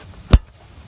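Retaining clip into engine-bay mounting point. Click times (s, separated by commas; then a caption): 0.3 s. During a Chevy Cruze water pump replacement, a retaining clip on a harness or hose portion is pushed into its engine-bay mounting point to re-secure it. A single sharp click at 0.3 s rises above quiet low background noise. The clip snaps home and is seated.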